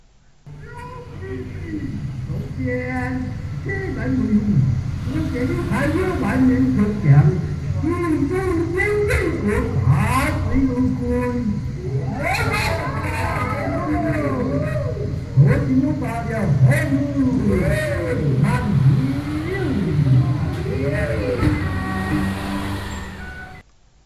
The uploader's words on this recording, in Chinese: 廟會咚咚隆咚鏘。來感受一下南臺灣熱熱鬧鬧氣氛～。